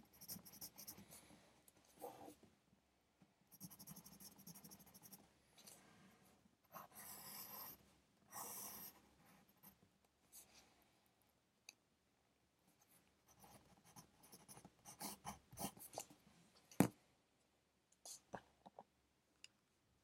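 Pencil scratching on paper while studying, in short bursts of writing separated by quiet pauses. Longer scribbling strokes come around 3 to 9 seconds, then lighter, choppier marks, with a sharp tap near 17 seconds and a faint steady hiss underneath.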